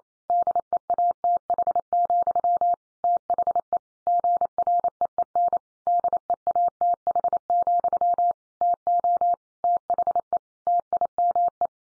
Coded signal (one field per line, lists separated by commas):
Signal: Morse code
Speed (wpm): 28 wpm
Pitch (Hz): 700 Hz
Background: none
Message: DEATH, THE GREEN DEATH, TO THE TIME